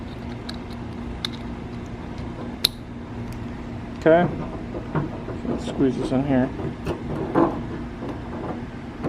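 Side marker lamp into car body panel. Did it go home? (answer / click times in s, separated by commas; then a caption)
no / none. A plastic side marker lamp is being handled and squeezed toward its opening in the body panel of a Honda S2000, with a few brief sharp ticks over low background noise in the first three seconds. Someone talks from about 4 seconds on. Nothing has seated or clicked into place yet by the end.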